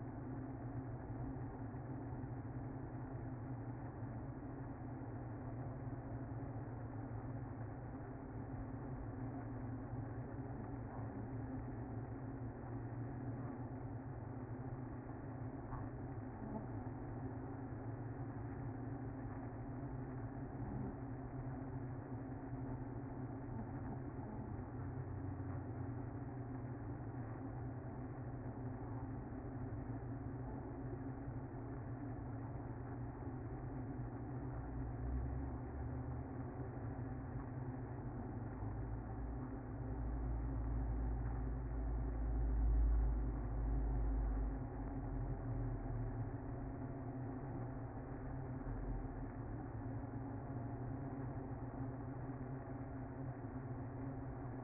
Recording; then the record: honeybee colony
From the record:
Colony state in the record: active